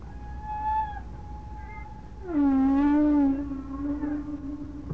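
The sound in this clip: Whale call: a thin steady high tone, then a loud wavering moan with rich harmonics that levels into a long hum, over low background rumble.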